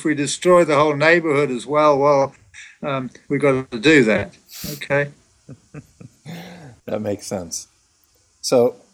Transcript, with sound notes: And if we destroy the whole neighborhood, as well, we’ve got to do that. Okay?
[Laughs] That makes sense. So,